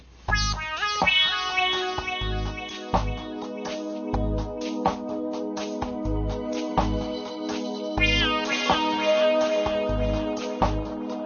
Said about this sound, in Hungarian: mindjárt indul az úgynevezett headline, amihez én most egy kímélő zenét kaptam.